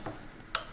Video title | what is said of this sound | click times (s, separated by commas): Installing the NexCruise (English version) | it will fit in with this click sound and you're done | 0.6 s